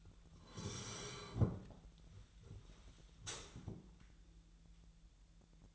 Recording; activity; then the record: daily activity, microphone in the room; sit down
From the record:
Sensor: 3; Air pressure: 1001.6 hPa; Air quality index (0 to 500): 247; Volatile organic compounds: 141 ppm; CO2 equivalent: 3981 ppm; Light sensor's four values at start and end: 15/33/14/15 and 12/27/12/12